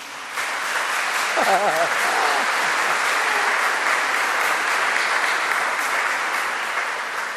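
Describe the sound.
A crowd of people claps steadily for several seconds, a dense, sustained patter of applause at even volume, with a brief voice rising through it near the start.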